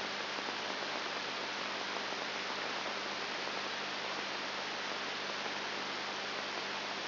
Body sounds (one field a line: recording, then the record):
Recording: brain microelectrode recording played as sound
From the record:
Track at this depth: inside the subthalamic nucleus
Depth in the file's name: 3.301 mm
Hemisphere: left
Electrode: 3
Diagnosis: Parkinson's disease